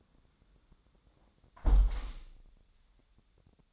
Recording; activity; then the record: daily activity, microphone in the room; close window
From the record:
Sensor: 3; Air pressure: 1000.4 hPa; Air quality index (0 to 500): 156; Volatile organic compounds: 3 ppm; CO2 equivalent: 1352 ppm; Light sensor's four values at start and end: 14/36/14/16 and 13/34/13/15